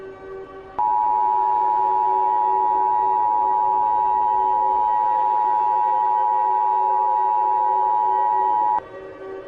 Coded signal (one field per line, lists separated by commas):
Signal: Emergency Alert System (SAME) tones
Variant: 853 and 960 Hz attention tone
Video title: The 1,000 (An EAS Special Scenario)